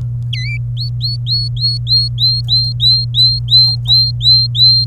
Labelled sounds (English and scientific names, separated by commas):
Domestic Canary (Serinus canaria) song